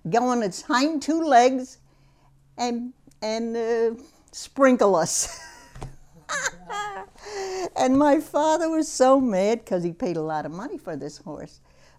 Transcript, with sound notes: go on its hind two legs and, uh, sprinkle us. ( she laughs ) And my father was so mad, because he paid a lot of money for this horse.